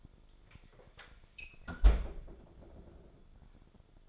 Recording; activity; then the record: daily activity, microphone in the room; close fridge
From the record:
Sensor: 5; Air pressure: 1004.7 hPa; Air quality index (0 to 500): 158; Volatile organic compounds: 3 ppm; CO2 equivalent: 1489 ppm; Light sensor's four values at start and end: 23/52/21/19 and 21/47/19/17